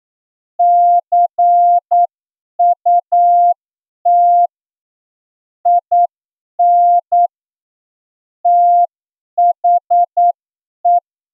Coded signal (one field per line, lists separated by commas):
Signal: Morse code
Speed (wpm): 9 wpm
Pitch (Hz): 700 Hz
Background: none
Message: CUT IN THE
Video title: Are you ready for Morse code receiving Examination? (Special Edition) – ASOC Tutorials India